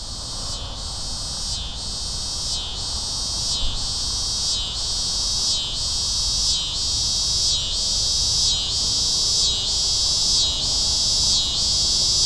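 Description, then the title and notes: Cicada buzzing: a high rasping drone broken by regular brief dips, growing louder throughout. "Insect sounds: Cicadas."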